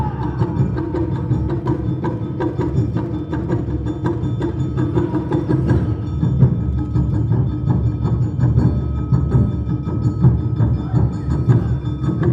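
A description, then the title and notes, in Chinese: An Awa Odori dance troupe performs at Songshan Ciyou Temple in Taipei. Thick, steady music fills all twelve seconds, with heavy low drumming, quick regular strikes, and bright metallic bell-like tones ringing above at an even, unbroken loudness. 東京高圓寺阿波舞團來台展演。阿波舞團在台展演。台北市松山區的松山慈祐宮。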